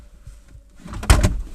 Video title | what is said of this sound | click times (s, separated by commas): I Installed the Largest Screen 4Runner Head-Unit with Apple CarPlay on the Market. | okay and this will just kind of line up with everything and pop it right down | 1.1 s